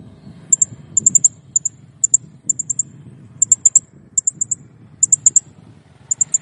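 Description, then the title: Blue-crowned hanging parrot uttering clusters of two to four tiny, very high ticking notes, repeated steadily over a low rumbling background noise. Clear, actively singing (gacor) master recording used for training cage birds. "Masteran Burung Serindit Ll Masteran Serindit Gacor Jernih"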